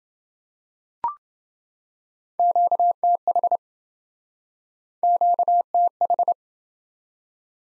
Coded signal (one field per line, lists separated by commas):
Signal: Morse code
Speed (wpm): 27 wpm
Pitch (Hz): 700 Hz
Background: none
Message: QTH QTH